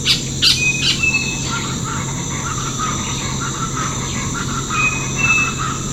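Bird calls: a few sharp high chirps early on, then thin, level whistled notes, over a steady background drone.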